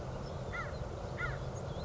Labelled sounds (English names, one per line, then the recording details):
American Crow
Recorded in Sonoma County, California